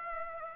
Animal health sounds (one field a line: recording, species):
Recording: mosquito wingbeat signal from an infrared sensor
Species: Aedes aegypti